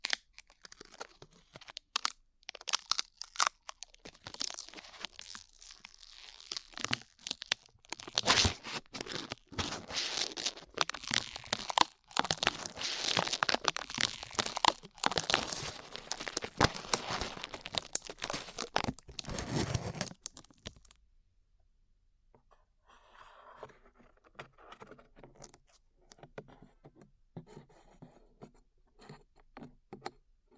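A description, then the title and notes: Glue being peeled away makes dense, sticky crackling and tearing for about the first twenty seconds, full of sharp snaps and bright rasping bursts. Then it drops off abruptly, leaving quieter, sparse crinkles and soft clicks until the end. ASMR Peeling Glue Off Your Ears (No Talking).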